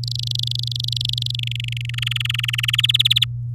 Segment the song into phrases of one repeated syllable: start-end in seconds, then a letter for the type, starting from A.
0.03-1.35 A, 1.39-1.95 B, 1.98-2.81 C, 2.83-3.24 D